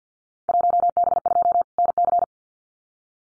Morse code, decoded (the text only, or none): 1B2 NC